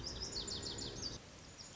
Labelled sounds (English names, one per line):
Lazuli Bunting